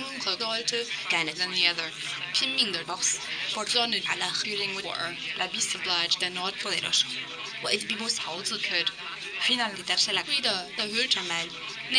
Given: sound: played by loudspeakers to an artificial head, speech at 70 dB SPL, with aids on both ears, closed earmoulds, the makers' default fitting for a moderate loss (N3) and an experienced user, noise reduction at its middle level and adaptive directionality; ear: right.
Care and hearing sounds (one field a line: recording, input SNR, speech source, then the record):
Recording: speech test signal (ISTS) in cocktail-party noise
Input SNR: +6 dB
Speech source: on the right (90 degrees)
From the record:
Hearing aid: class 2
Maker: A